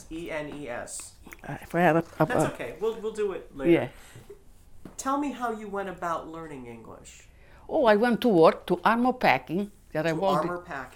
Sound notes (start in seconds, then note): none